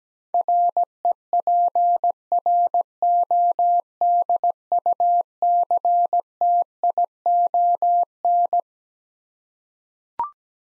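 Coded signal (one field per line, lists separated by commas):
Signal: Morse code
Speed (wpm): 17 wpm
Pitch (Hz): 700 Hz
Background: none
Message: REPRODUCTION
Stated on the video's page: Head-copy practice of twelve-letter words at 17wpm; each word is sent in Morse, then spoken, then sent again.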